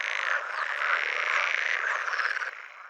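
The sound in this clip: Pool frog croaking in a dense, buzzy rattle that runs steadily for about two and a half seconds, then fades.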